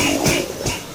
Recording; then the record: coughing mixed with background sound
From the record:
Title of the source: Spring Cold Coughing 2